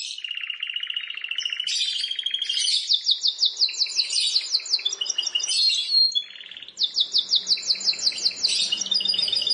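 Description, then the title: Plain prinia song: a buzzy rapid trill, then loud runs of sharp down-slurred chirps repeated quickly, then another fast chirping series. "Ciblek Sawah"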